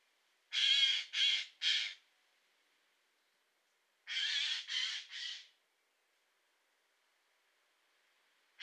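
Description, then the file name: Eurasian jay giving harsh, rasping screeches in two bursts of three, each burst about a second and a half long, separated by a pause, with another screech starting at the end. "Garrulus glandarius"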